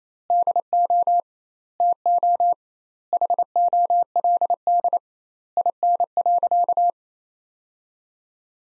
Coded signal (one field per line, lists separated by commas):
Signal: Morse code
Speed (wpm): 28 wpm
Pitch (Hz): 700 Hz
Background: none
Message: DO TO HOLD IN.